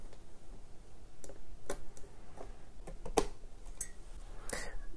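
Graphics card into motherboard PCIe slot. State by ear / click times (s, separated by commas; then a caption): not seated / none. A graphics card is pushed into a PCIe slot on a used motherboard whose slot retention latch is broken, producing scattered light ticks and handling noises with one sharper knock near 3.2 s. The card goes in without the latch clicking, and nothing has clicked into place yet.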